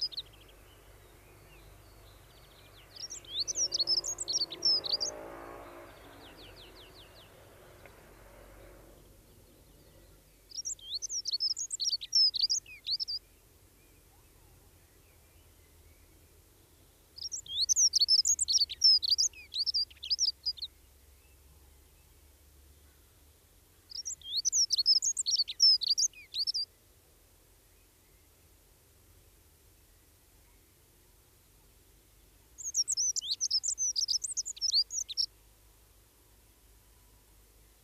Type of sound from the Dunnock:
song